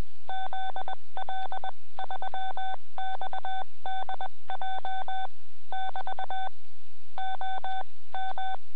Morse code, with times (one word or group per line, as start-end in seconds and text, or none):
0.3-5.3 ZL3XDJ
5.7-6.5 <BT>
7.2-8.5 OM